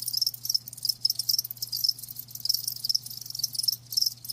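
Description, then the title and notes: Crickets chirping loudly in bright, high-pitched pulsed bursts that come in quick clusters, several insects overlapping, with a faint low hum beneath. Live crickets chirping, presented as a lulling sleep sound. "Live Crickets Chirping. Enjoy the lulling song of crickets to help you fall asleep and stay asleep. RainManCJ"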